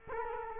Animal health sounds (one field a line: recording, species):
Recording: mosquito wingbeat signal from an infrared sensor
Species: Culex quinquefasciatus